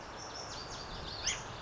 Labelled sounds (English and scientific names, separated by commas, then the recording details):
Western Flycatcher (Empidonax difficilis)
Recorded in Sonoma County, California